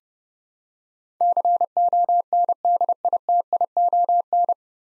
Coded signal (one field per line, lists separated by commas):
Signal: Morse code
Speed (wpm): 30 wpm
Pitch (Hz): 700 Hz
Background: none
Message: CONDITION